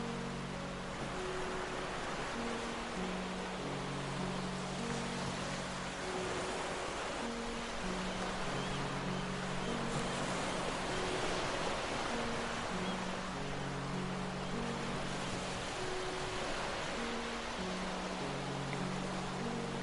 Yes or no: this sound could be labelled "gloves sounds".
no